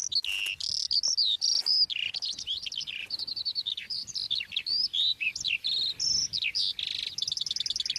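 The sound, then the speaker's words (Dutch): Male skylarks singing high in the air, tens of meters up, in the Netherlands, pour out a continuous, rapid warbling song of high trills, chirps and whistled phrases, bright and unbroken for the whole stretch, with no voices over it. “Maar je zei net ook de veldleeuwerik, een van de vogels die het dus zwaar heeft in ons land.”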